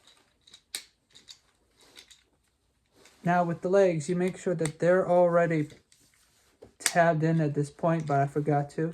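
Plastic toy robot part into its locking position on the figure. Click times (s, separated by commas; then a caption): 0.8 s. A plastic part of a Transformers Laser Optimus Prime toy robot figure is rotated and pushed down into its locking position during a transformation, with faint plastic handling clicks before a loud, sharp snap at 0.75 s as it seats. Afterward, someone talks.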